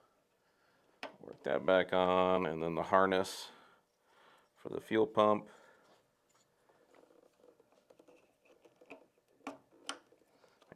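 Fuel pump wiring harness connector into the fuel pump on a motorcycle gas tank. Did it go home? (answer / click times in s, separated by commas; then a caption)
yes / 9.5 s, 9.9 s. Someone talks as the fuel pump wiring harness connector is plugged into the fuel pump on the gas tank of a Harley Davidson Street Glide during a full body swap. After quieter handling noises, two sharp clicks are heard at 9.5 s and 9.9 s. The connector is seated.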